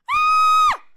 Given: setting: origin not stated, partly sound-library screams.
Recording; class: one-second piece from a danger detection set; woman in danger